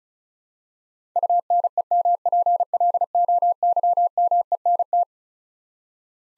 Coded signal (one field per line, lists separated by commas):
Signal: Morse code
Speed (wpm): 36 wpm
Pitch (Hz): 700 Hz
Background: none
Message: UNEMPLOYMENT